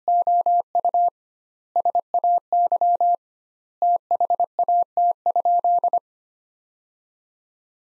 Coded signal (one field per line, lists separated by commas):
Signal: Morse code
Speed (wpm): 25 wpm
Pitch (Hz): 700 Hz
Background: none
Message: OU SAY THAT?